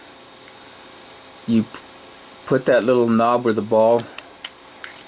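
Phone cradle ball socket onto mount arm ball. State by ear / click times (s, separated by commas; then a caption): seated / 4.5 s. An iOttie Easy One Touch 3 car mount dock: the knob on the back of the phone cradle is pushed onto the ball of the mount arm, a plastic ball joint. Someone talks, then a sharp click at 4.4 s marks the ball snapping into the socket, followed by two smaller ticks. The cradle is seated on the mount arm.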